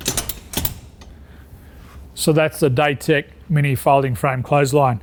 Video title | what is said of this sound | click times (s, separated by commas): Product Review Daytek Mini Folding Frame Clothesline | and to lift it up it's the same thing you just lift it up until it clicks in position | 0.7 s